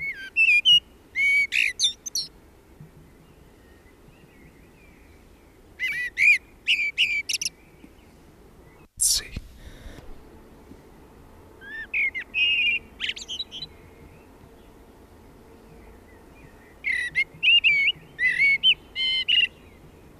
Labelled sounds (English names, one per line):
Common Blackbird song